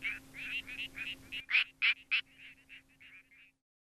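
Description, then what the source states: Frog calls, quacking clucks in quick succession, a few louder notes midway, then softer clucks trailing off before silence. Frog calls described as quacking.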